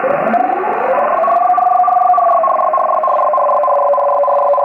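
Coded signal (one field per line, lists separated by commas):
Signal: RTTY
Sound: rising tuning sweep, then steady fast warbling between two close tones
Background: radio static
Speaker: what the rift e signal sounds like so it's gonna go into the audio jack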